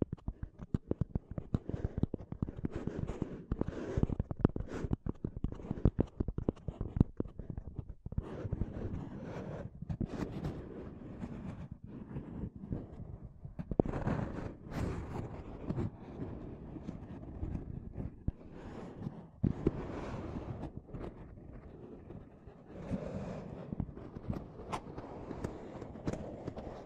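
Rapid, dense microphone tapping and scratching, with sharp clicks and rough rubbing layered continuously over a thick low rumble throughout.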